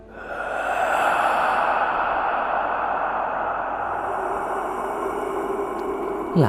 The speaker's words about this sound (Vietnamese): Thì đúng lúc này một luồng gió lạnh từ bên ngoài cửa sổ và cổng ào ào thổi tới, lạnh lẽo vô cùng. Trong đó có một tiếng như ma quỷ thở dài vậy.